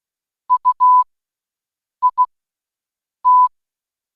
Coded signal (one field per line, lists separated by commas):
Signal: Morse code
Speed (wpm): 16 wpm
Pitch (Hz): 1000 Hz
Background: none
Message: U I T